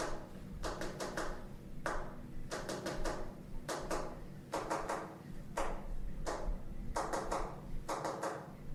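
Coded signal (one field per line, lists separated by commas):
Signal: tap code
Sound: sharp knocks in short groups separated by pauses, like tapping on a pipe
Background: low room hum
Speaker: what's this code called when we went together book book The knock code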